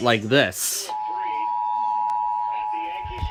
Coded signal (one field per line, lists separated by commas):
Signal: Emergency Alert System (SAME) tones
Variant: 853 and 960 Hz attention tone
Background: speech